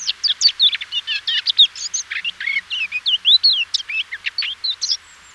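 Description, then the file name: Eurasian blackcap song, dense chattering warble that turns into clearer, fluty slurred notes toward the end. "Sylvia atricapilla"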